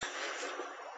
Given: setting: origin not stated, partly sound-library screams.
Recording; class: one-second piece from a danger detection set; woman in danger